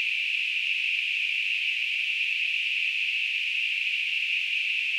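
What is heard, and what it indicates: Simulated tinnitus: a steady, unchanging narrowband hiss centred around 2–3 kHz, holding at the same level throughout with no low-frequency content.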